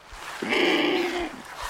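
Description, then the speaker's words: Andean condor giving a single harsh, drawn-out rasping call lasting about a second. "Andean condors may not sound pretty, but in the blue skies over the Andes, they're majestic, one with the heavens."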